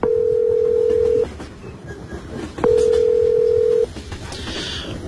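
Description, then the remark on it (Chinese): A mobile phone ringback tone purrs in two long, steady mid-pitched beeps, each over a second, separated by a pause, over a faint rumbling background with no talking, as a number stored on a found mobile phone is called. “哎，好，这上有一个手机号码，亲爱的，给这人打准没错。”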